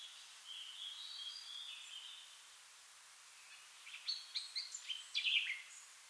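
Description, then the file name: Eurasian blackcap: a soft, drawn-out whistled warble, a pause, then a series of sharp, quick chirping notes. "Sylvia atricapilla"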